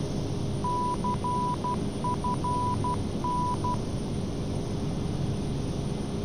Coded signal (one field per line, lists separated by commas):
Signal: Morse code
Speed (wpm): 12 wpm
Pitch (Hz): 990 Hz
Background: none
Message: CFN